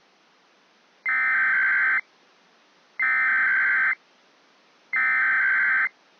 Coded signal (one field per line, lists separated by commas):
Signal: Emergency Alert System (SAME) tones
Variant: header bursts